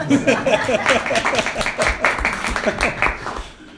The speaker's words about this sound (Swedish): Det funkade. Ge Jesus en applåd.